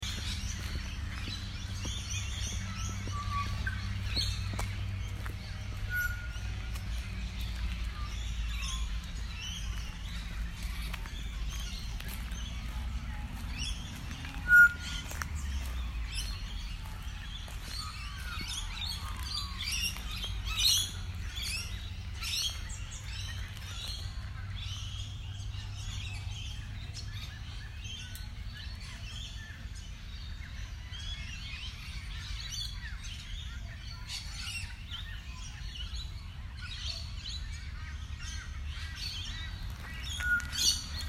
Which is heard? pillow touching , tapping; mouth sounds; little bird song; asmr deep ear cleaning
little bird song